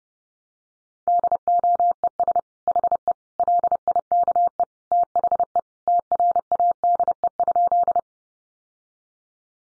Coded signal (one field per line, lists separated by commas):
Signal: Morse code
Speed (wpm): 30 wpm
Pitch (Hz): 700 Hz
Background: none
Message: DOES HE LIKE THE TRADE?